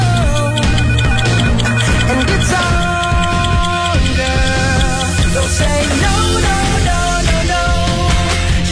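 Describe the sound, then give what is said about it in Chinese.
A brief, loud stretch of upbeat music with steady bass and bright melodic lines running throughout, with no voices, played as a short interlude during a radio shopping segment on Beijing Story Radio. “一小段音乐，加油打电话。”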